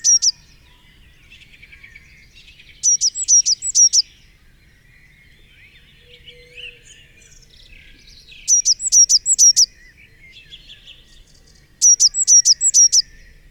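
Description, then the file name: Eurasian blue tit singing short bursts of several high, sharp notes, repeated every few seconds, with faint twittering between phrases. "Cyanistes caeruleus"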